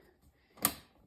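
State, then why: Seated. A plastic processing lid on a Ninja CREAMi ice cream maker is lined up by its arrow with the pint container and pressed on. A sharp click is heard at 0.6 s, just after a brief rising rustle, showing the lid has seated in place.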